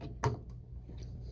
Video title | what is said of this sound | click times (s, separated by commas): Headlight Bulbs Replacement on a 2010 Mazda 3 | Well, it's snapped in. | 0.2 s